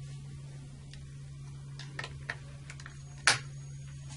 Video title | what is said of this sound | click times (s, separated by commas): Eaton Series NRX, How to install the Shunt Trip | snapping sound indicates that the shunt trip is locked in position | 3.3 s